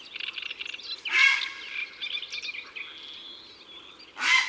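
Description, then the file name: Grey heron gives harsh, rasping croaks, one near the start and one at the end, while small birds chirp and twitter throughout. "Heron cendre ABC des chants doiseaux"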